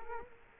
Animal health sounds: mosquito wingbeat signal from an infrared sensor; Culex quinquefasciatus

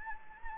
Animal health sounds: mosquito wingbeat signal from an infrared sensor; Anopheles gambiae

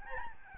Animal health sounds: mosquito wingbeat signal from an infrared sensor; Aedes albopictus

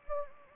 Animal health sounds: mosquito wingbeat signal from an infrared sensor; Anopheles gambiae

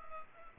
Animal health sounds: mosquito wingbeat signal from an infrared sensor; Culex pipiens

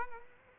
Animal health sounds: mosquito wingbeat signal from an infrared sensor; Aedes aegypti

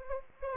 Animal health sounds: mosquito wingbeat signal from an infrared sensor; Anopheles gambiae

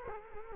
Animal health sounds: mosquito wingbeat signal from an infrared sensor; Culex quinquefasciatus

